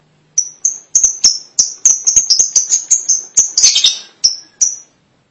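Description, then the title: Lovebird calls: a fast, fairly even run of shrill high chirps with a short scratchy flourish near the end. "Suara Burung Lovebird"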